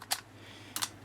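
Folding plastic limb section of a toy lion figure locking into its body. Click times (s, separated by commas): 0.1 s, 0.8 s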